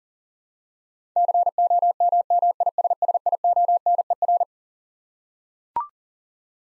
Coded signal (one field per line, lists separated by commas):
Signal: Morse code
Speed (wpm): 40 wpm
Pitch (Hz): 700 Hz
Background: none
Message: COMMISSIONER